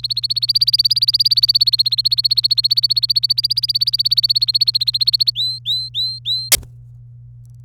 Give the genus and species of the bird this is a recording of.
Serinus canaria